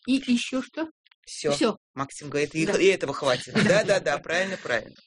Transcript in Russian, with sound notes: И ещё что? Всё!
Максим говорит, «и этого хватит!». [смех] Да, да, да! Правильно, правильно!